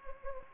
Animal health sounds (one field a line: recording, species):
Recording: mosquito wingbeat signal from an infrared sensor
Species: Anopheles gambiae